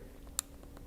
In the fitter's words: it you just dial it you can hear it and it locks in place so it's not going to move at all